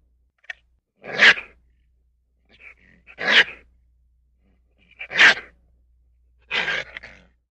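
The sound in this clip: Raccoon giving rough, snorting bursts about every two seconds, four main calls with a few softer sniffs and clicks between them, nothing else audible.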